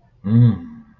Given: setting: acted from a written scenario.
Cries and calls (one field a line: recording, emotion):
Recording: vocal sound without words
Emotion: negative surprise